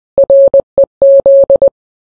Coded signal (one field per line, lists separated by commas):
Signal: Morse code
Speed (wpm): 20 wpm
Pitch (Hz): 550 Hz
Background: none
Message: REZ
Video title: Gaming Chat Terms In Morse Code Part 1